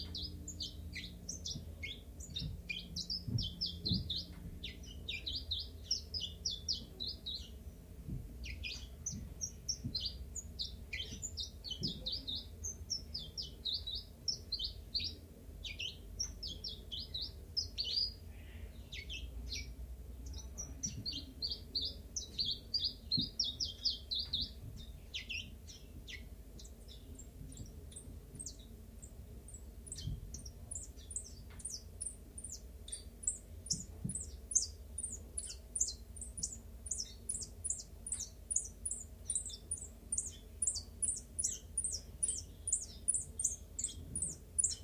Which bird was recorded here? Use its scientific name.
Phylloscopus collybita